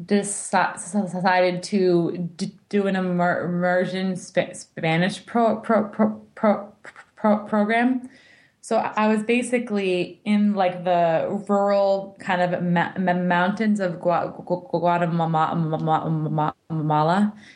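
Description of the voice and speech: An adult woman's conversational speech with part-word repetitions, stretched sounds and blocks, typical of stuttering; she is a person who stutters.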